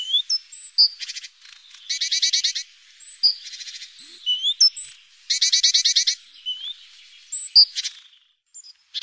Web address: Mesange charbonniere